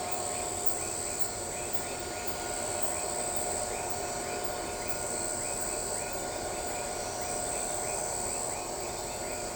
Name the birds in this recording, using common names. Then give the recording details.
none. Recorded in shrubland near Pivijay, Magdalena, Colombia, on 15 April 2023 at 21:30. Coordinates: 10.453, -74.365. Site P5-G022